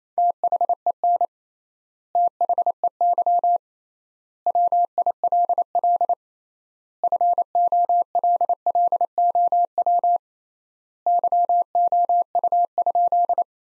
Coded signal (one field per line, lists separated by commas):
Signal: Morse code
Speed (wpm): 28 wpm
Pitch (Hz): 700 Hz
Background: none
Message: THEN THEY WILL FOLLOW YOU?